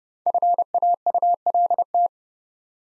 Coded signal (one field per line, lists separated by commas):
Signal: Morse code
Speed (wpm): 30 wpm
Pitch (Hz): 700 Hz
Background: none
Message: FAULT